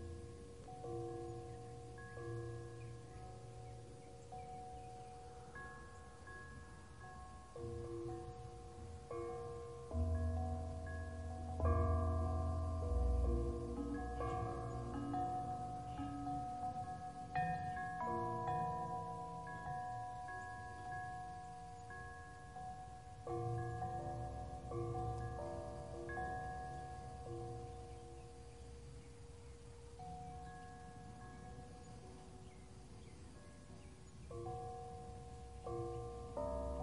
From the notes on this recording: calming bells white noise